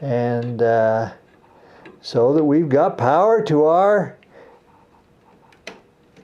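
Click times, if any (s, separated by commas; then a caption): 5.7 s. A plastic PCIe power cable connector is plugged into the socket on a graphics card while someone talks. After the talking, quiet handling follows, and a sharp click at 5.7 s marks the connector seating.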